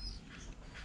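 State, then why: Not seated. A hair clipper blade set is pressed toward the locking catch on the clipper body while the clipper is being reassembled after cleaning. Only low handling rustle and faint background noise are heard. Nothing has seated or clicked yet.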